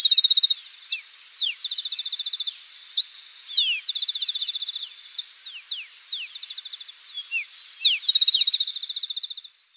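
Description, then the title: Bird calls: repeated rapid buzzy trills alternating with sharp descending and rising whistled notes, with a continuous high-pitched drone throughout. "LuckyPassaro Completos2Sama"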